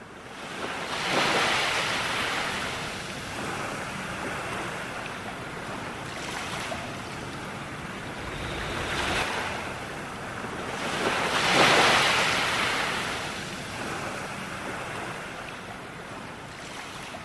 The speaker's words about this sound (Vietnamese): Vua ngồi chờ, tất cả đều yên lặng, và một con sóng nhỏ bủa vào bờ cát làm tóe nước ướt chân vua.